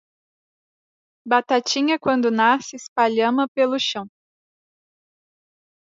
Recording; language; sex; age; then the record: short text; Brazilian Portuguese; female; 20 to 29 years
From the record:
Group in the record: control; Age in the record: 28 years